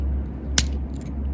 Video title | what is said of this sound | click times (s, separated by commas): Transformers Studio Series 86 Megatron | Collapse that down. Push that up. Snaps into place. | 0.6 s